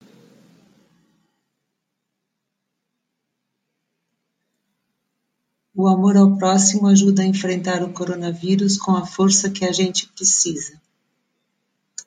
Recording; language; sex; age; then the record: spoken sentence; Brazilian Portuguese; female; 60 to 69 years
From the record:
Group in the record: control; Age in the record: 69 years